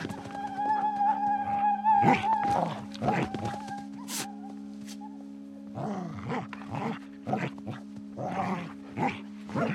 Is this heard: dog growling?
yes